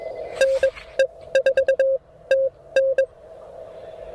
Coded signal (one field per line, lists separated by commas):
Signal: Morse code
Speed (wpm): 22 wpm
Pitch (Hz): 540 Hz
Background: none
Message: NE4TN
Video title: POTA Plan C: Swapping antennas and rigs at Tuttle Educational State Forest